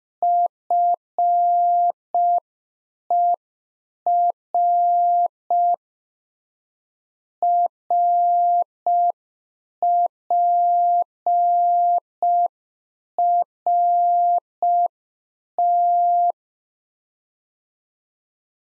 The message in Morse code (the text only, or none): FER RPRT